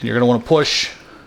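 A lighting harness plug is being fitted to the power connector of the engine bay fan in a C8 Corvette while someone talks. Only speech is heard in this short stretch, and nothing has seated or clicked yet.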